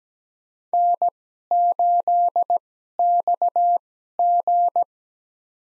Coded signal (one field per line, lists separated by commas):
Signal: Morse code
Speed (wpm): 17 wpm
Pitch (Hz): 700 Hz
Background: none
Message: N8XG